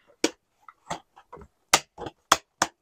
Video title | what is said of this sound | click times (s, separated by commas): How to Build Frames//Building Beekeeping Frames using Frame Jig//Build Any Frame Size | clicking it into place | 1.7 s, 2.3 s